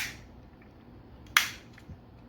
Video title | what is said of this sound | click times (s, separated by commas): Edoggz Reviews: Tobot Galaxy Detectives Power Train ( Part 2 ) | you want to compress it's going to click into place | 1.4 s